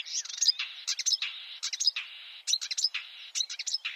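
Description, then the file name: Marsh warbler song: dense high scratchy phrases and bright whistled notes in bursts, with brief gaps between them. Chirping song. "suara kicauan burung marsh warbler. omkicau"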